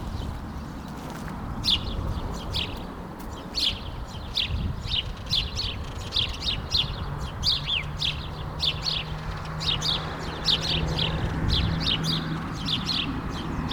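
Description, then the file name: House sparrow chirping: short, bright chirps repeated steadily, sometimes in quick pairs, over a low rumble and a faint hum. "Passer domesticus"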